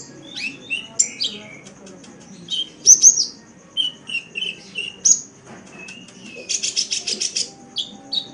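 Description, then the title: Oriental magpie-robin song: fluty whistled notes and sharp upslurs, then a dry, rapid rattling buzz near the end among further whistles. "Kicau Kacer"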